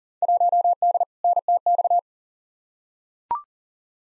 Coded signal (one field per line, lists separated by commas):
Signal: Morse code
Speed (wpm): 40 wpm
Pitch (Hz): 700 Hz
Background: none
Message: 1D NTX